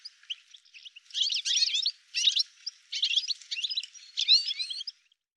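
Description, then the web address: Bird song with dense, high chattering and twittering bursts, several phrases running close together before fading out. "cianscape birddata"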